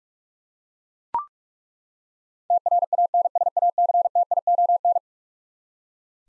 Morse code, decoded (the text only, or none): TRANSACTION